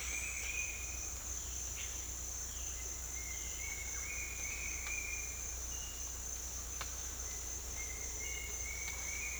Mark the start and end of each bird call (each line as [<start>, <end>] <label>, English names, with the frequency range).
[0.00, 1.12] Bright-rumped Attila (1.7-3.1 kHz)
[2.73, 5.44] Bright-rumped Attila (1.5-3.2 kHz)
[7.76, 9.40] Bright-rumped Attila (1.7-3.3 kHz)